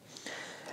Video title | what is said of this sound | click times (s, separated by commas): New Janome Continental M17 Unboxing & Review! | and give it a little click | 0.2 s